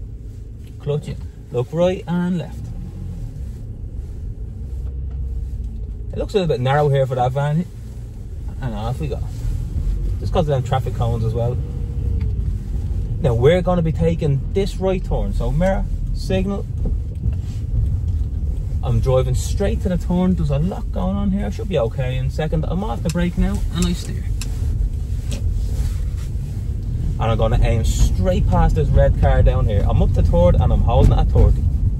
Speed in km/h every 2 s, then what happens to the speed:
0, 0, 6, 3, 9, 17, 21, 20, 18, 15, 12, 10, 11, 23, 27, 26.
0-2 standing. 6-12 speeds up to 21. 12-22 slows to 10. 24-27 speeds up to 27.